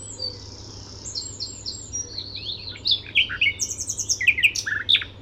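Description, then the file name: Common nightingale song: quiet high notes at first, then a tumbling sequence of loud, varied chirps and short rattles; faint steady hum in the background. "Luscinia megarhynchos"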